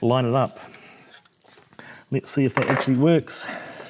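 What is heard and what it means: Someone talks while lining up the suspension position adjuster with the guide tubing so it can go into the suspension mount of an Inmotion RS electric scooter. Faint handling taps are heard between the words, with the loudest near 1.8 s. Nothing has seated or clicked into place yet.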